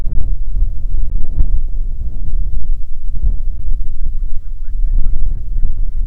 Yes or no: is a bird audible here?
yes